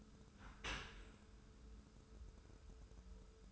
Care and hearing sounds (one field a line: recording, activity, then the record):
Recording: daily activity, microphone in the room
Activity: open dishwasher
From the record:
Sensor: 2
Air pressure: 1014.8 hPa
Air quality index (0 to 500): 26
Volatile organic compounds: 1 ppm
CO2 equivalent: 506 ppm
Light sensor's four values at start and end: 10/23/9/10 and 10/23/9/10